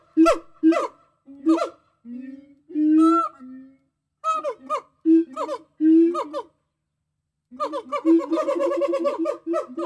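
Gibbon calling: paired hooting notes, a long wavering rising wail, more spaced hoots, a short silence, then a rapid dense trill of whoops to the end.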